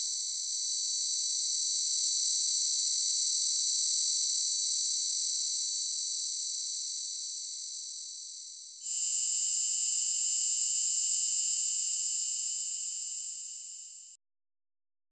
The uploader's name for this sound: Cicada